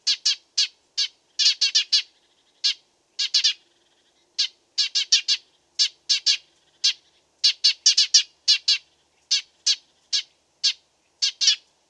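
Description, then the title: Dead Sea sparrow song made of bright, emphatic chirps, some single and some in rapid runs of several, repeated with short gaps throughout. Masteran: made for training songbirds to copy its song. "burung gereja dead sea masteran"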